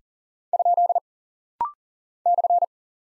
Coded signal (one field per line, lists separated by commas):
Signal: Morse code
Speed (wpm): 40 wpm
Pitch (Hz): 700 Hz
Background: none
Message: ? /